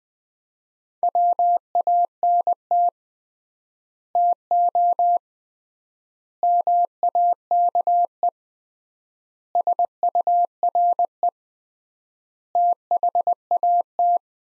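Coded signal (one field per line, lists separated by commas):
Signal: Morse code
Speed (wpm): 20 wpm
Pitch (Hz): 700 Hz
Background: none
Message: WANT TO MAKE SURE THAT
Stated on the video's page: Morse code practice of five-word sets at 20 wpm with 3x word spacing (Farnsworth-like), each set sent, spoken, then sent again.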